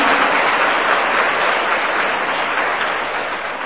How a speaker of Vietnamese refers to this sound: Như vậy các con hãy cho một tràng pháo tay rất lớn để tán thán điều đó.